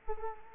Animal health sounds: mosquito wingbeat signal from an infrared sensor; Culex quinquefasciatus

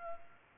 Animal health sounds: mosquito wingbeat signal from an infrared sensor; Culex pipiens

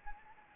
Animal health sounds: mosquito wingbeat signal from an infrared sensor; Anopheles gambiae

